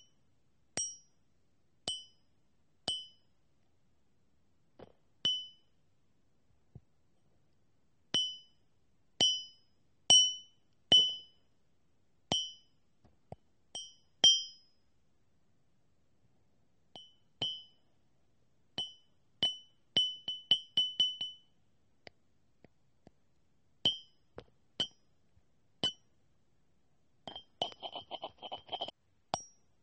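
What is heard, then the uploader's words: Lots of tapping, each a sharp, bright clink like metal or glass with a brief ringing tone. Taps come singly about once a second at first, bunch into quick runs near 20 seconds, and end in a dense, rattling flurry around 27 seconds. Lots of tapping and much more.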